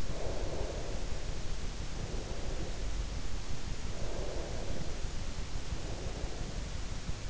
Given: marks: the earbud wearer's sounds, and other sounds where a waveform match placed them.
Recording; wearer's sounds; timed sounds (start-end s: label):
sounds in sleep by an in-ear microphone; breath
0.00-3.29 s: breath
3.84-7.18 s: breath